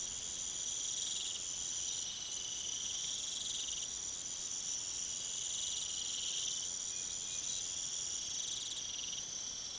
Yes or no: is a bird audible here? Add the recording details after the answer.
no. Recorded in pastures near Puerto Asís, Putumayo, Colombia, on 22 June 2025 at 00:00. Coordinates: 0.486, -76.323. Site H29